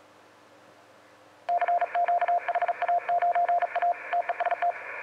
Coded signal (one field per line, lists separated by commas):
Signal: Morse code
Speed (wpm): 35 wpm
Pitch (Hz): 700 Hz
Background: radio noise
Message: CQ HA9A TEST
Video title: 2019-01-19 20:15 7028 kHz A1B HA9A